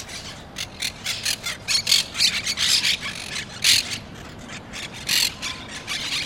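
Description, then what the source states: Monk parakeet squawks, harsh grating calls in an irregular series. Recorded March 12.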